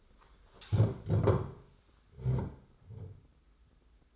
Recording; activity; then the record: daily activity, microphone in the room; stand up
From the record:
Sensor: 3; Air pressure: 991.6 hPa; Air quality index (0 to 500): 166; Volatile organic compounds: 1000 ppm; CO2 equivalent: 5491 ppm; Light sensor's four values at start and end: 34/98/40/35 and 35/100/41/35